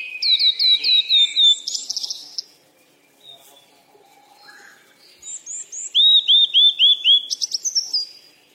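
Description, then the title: Bird chirping: a fast series of looping whistles with buzzy notes, a quiet gap, then another run of several clear whistles and a buzz. "鸟儿喳喳"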